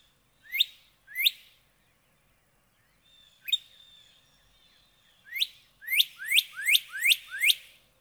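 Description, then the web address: Northern cardinal calling with three spaced rising whistles, then a steady series of six loud upslurred notes. "birdsongforthecurious Northern Cardinal"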